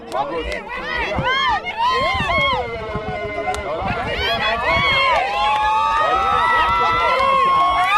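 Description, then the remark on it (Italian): Family members cheering loudly at the finish of the Discovery Kenya race in Eldoret, in the Kenyan highlands, celebrating the winners and consoling the runners finishing far behind. A crowd of excited voices shouts and whoops over one another with high rising calls, sustained and lively throughout. “E poi i parenti, i familiari, con le loro urla allegre celebrano la vittoria dei più bravi, ma consolano anche chi taglia il traguardo lontano dai primi.”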